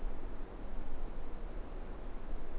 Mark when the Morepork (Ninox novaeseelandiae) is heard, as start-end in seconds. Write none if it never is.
none